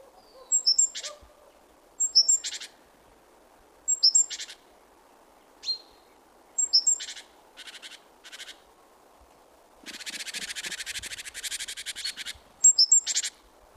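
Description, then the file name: Great tit call series: repeated high thin notes, each followed by a brief harsh buzz, then a long buzzy churr near the end. "Parus major"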